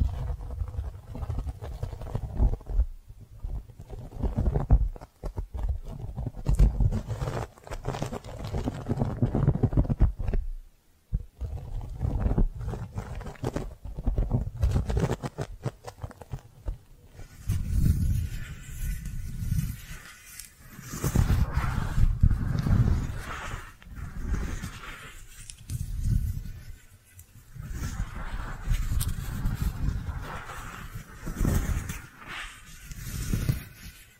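Soft brushing and squishy trigger sounds, heavy in the low end, come in dense, uneven bursts of scratchy strokes. Short pauses break the flow near 3, 11 and 27 seconds. After about 17 seconds the strokes turn into slower, rounder swells.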